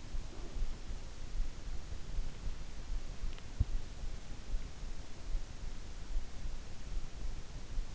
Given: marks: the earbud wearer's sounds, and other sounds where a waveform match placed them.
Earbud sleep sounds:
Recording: sounds in sleep by an in-ear microphone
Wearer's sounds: breath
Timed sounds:
0.06-1.13 s: breath

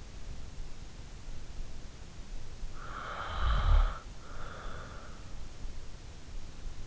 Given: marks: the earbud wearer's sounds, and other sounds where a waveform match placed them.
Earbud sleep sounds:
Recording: sounds in sleep by an in-ear microphone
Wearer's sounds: breath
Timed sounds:
2.26-4.66 s: breath

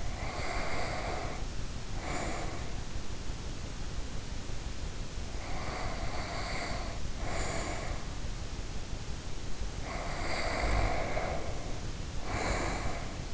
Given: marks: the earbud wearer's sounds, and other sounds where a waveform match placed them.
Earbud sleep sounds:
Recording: sounds in sleep by an in-ear microphone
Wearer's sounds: breath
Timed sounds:
0.00-3.18 s: breath
5.19-8.08 s: breath
9.67-13.34 s: breath

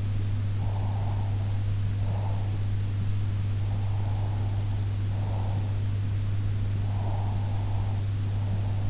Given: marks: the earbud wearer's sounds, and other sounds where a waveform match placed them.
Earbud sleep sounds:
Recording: sounds in sleep by an in-ear microphone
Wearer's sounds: breath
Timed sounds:
0.58-2.53 s: breath
3.59-5.73 s: breath
6.90-8.90 s: breath

